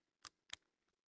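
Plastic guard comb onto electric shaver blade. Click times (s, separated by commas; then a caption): 0.5 s. A 3D-printed plastic number two guard comb is pushed onto an electric shaver blade head. A sharp click at 0.3 s precedes the snap at 0.5 s, when the comb seats in place with a satisfying snap.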